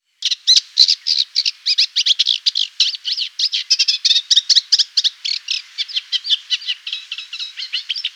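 Reed warbler song: a fast, steady run of scratchy, chattering notes repeated in a rhythmic pulse without pause.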